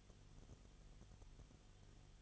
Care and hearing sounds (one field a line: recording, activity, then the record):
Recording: daily activity, microphone in the room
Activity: no activity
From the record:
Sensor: 4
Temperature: 22.7 degrees Celsius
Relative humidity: 31.7%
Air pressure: 995.4 hPa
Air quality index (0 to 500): 158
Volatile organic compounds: 2 ppm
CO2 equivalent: 1256 ppm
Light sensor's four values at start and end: 2/3/1/1 and 2/3/1/1